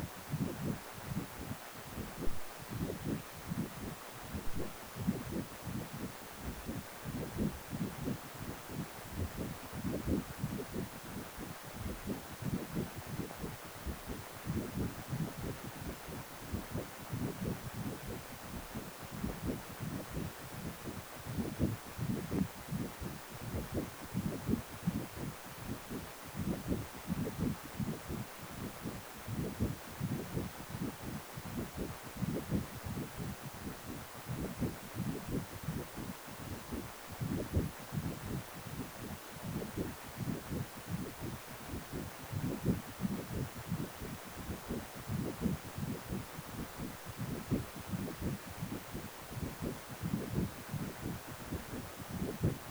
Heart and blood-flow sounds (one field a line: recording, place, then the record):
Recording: Doppler ultrasound of blood flow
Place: precordium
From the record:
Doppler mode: continuous wave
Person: healthy adult, 18 to 50 years, no heart murmur, not diving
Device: 2.5 MHz transducer